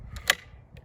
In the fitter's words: là on l'a très bien entendu il a fait un bon bruit le chariot à attraper d'acord je